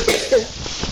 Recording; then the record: coughing mixed with background sound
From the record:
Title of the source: 60 coughing still (deep and wet cough)